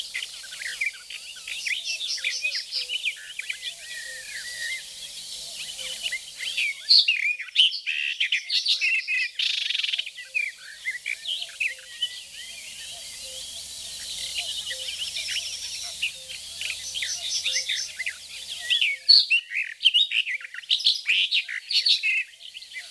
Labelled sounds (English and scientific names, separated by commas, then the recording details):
Barred Warbler (Sylvia nisoria) song
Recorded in the wild
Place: Flögelner See, Baden-Württemberg, DE
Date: 1985-05-24
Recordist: Schwarz, Dieter